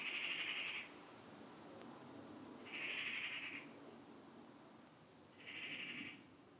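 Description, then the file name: Eurasian magpie giving three short, grating screeches spaced about two and a half seconds apart. "Pica pica"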